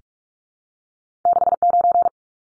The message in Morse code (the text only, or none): 69